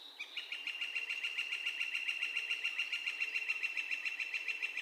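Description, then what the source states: Northern flicker giving a long, steady run of rapid, evenly spaced ringing notes, holding an even pitch throughout. Calls, recorded on 2 May 2020.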